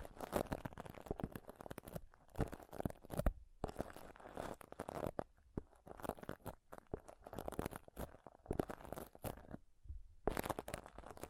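Mic scratching and touching: dense, rapid crackly scrapes in quick bursts, with brief quieter gaps near two, three and a half, and ten seconds.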